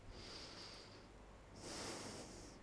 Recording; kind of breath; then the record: one breath in and out by a microphone near the nose and mouth; deep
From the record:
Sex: male